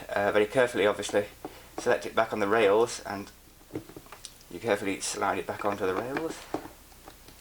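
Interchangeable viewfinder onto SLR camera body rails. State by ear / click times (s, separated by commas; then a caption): not seated / none. Someone talks while the removable prism finder of a Nikon F5 professional film SLR is carefully slid back onto its rails on the camera body, with a few faint, short handling taps around 3.8–4.3 s during a pause. The finder has not yet clicked home or latched by the end of the clip.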